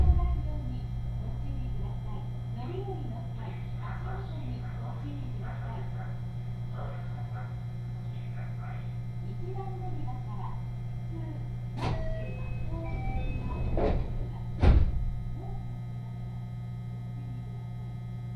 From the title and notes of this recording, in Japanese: 山陽本線・赤穂線 姫路→播州赤穂。まだ5時台の電車ですが早起きして乗車します。播州赤穂行きの列車は223系の4両編成。